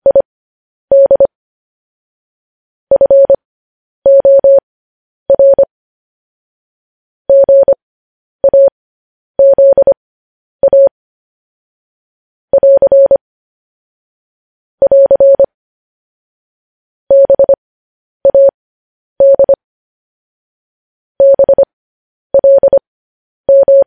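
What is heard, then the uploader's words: Morse code tapped out as a single steady mid-pitched tone, switching cleanly on and off in short dots and longer dashes. Letters come in quick clusters separated by brief silences, keeping an uneven but regular rhythm throughout with no other sounds behind it. Morse code.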